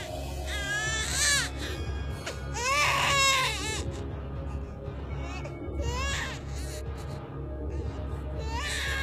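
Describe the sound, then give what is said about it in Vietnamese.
Shrill, overlapping cries of several infants wail in bursts, some high and piercing, others softer, rising and falling over a steady low rumble for the whole stretch. “Tiếng khóc choe choé vang lên, lớn có, bé có.”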